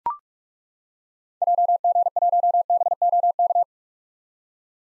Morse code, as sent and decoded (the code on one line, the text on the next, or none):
.--- --. .---- -... --- -.-
JG1BOK